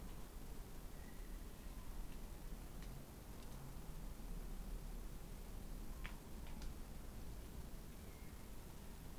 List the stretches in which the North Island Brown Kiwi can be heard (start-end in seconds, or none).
none